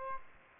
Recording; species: mosquito wingbeat signal from an infrared sensor; Aedes aegypti